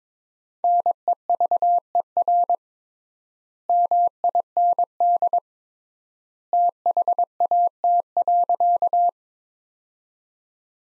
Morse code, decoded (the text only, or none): NEVER MIND THAT.